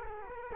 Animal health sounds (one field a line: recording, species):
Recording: mosquito wingbeat signal from an infrared sensor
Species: Culex quinquefasciatus